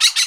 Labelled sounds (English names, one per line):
Brown-throated Parakeet contact call